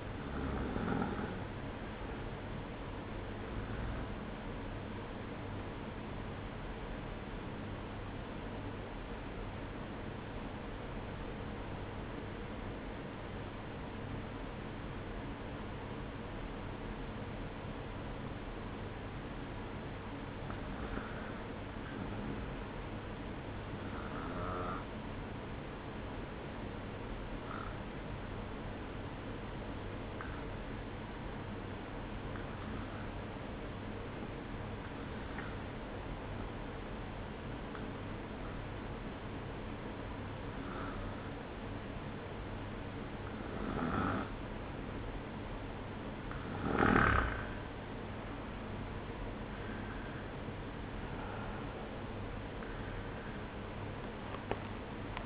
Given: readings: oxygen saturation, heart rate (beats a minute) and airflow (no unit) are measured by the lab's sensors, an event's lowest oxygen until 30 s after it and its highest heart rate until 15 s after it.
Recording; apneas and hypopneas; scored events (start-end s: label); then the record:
breathing in sleep by a voice recorder at the bedside; 1
5.00-43.90 s: hypopnea (REM, oxygen 95% highest, then 91% lowest, heart rate 59 at the start, 70 highest)
47.00-55.26 s: new sleep stage, N1 (lightest sleep)
From the record:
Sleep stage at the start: REM sleep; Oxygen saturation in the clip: 91 to 95%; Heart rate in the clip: 57 to 66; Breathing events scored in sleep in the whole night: 305 in 9.6 hours asleep